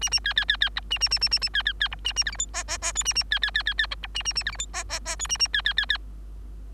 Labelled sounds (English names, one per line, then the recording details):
Bengalese Finch song
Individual Bird3